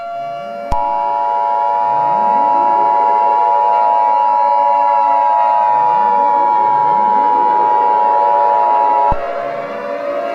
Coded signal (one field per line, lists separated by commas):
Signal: Emergency Alert System (SAME) tones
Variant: 853 and 960 Hz attention tone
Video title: EAS Scenario #49 A Surfer's Nightmare